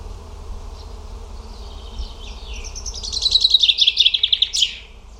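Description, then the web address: Bird delivering a quick high trill of repeated notes that finishes with a brief downward sweep, preceded by quieter chirps and backed by low hum. "cianscape birddata Deverinetal 2025 Bird Only"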